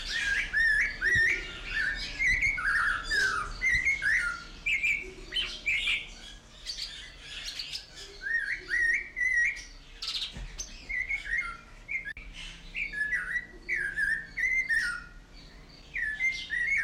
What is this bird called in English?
Snowy-crowned Robin-Chat